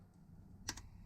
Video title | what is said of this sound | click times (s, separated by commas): Volvo Throttle Body P0638 | there we go double click so we'll both uh | 0.7 s, 0.8 s